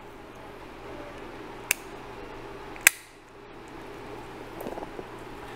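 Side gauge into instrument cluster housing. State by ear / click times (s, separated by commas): seated / 1.7 s, 2.9 s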